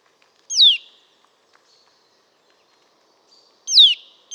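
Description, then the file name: Eurasian nuthatch call: a single sharp, downward-sliding whistled note, then a long quiet gap and another identical note about three seconds later. "Sitta europaea"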